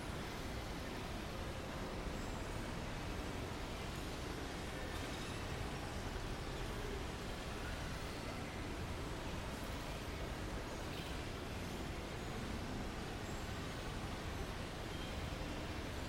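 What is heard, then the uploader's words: Steady traffic noise around the City Hall of The Hague, a dense, even rumble that holds the same level throughout. Low, rolling vehicle sound dominates, with faint brighter swishes of passing cars rising briefly around five and eleven seconds. City Hall of The Hague, Netherlands. Central to its modernist style is a vast atrium, several stories high.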